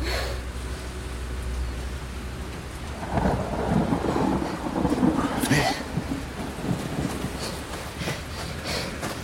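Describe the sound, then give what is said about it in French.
Steady rain hisses throughout while a deep rumble of thunder rolls in about three seconds in, swelling and lingering before easing back under the downpour. “C'est la première fois que je vois quelqu'un apprécier à ce point la pluie.”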